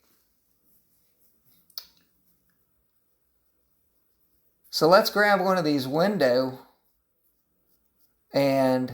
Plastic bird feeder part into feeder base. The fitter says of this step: Again, these just snap in place. Pretty easy peasy.